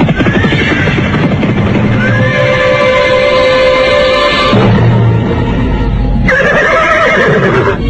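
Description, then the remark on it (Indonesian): Loud, shrill horse whinnies rise and waver over a dense, continuous rumble of galloping hooves of ridden horses, heard from a distance. A brief lull follows before another high neigh breaks out near the end. “Ketika mendadak, dari jauh terdengar derap orang-orang berkuda.”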